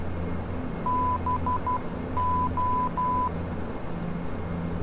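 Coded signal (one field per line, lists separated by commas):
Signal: Morse code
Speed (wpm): 12 wpm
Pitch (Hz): 1000 Hz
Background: none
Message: BO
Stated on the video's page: Heard inside the FSX flight simulator during a shared-cockpit Dash 8 Q400 flight from Tromsø to Bodø.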